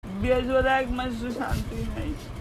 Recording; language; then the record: elicited speech; Bengali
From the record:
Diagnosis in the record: Broca's or global aphasia after a stroke